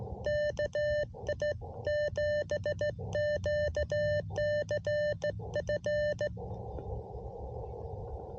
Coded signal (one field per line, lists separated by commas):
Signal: Morse code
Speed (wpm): 17 wpm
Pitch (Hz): 600 Hz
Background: none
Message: KI7QCF